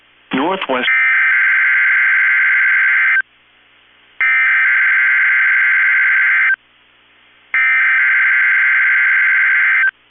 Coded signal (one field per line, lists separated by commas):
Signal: Emergency Alert System (SAME) tones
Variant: header bursts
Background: speech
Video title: 12/1/21 - KEC65 Required Weekly Test (EAS #296)